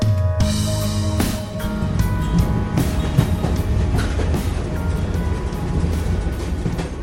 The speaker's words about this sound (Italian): Il treno va.